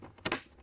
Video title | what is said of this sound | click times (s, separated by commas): 04-08 Pontiac Grand Prix - How to remove the Traction Control switch | basically take it and slide it in and it should eventually lock into place just like that | 0.3 s